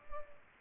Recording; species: mosquito wingbeat signal from an infrared sensor; Culex pipiens